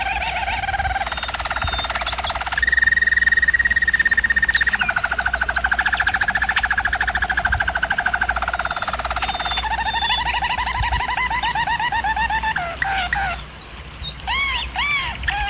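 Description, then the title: German Roller canary song, rolling trills at changing pitches followed by short rising and falling whistled notes toward the end. German Roller canary singing, for canary training. "German Roller Canary Singing - Canary Training Vid"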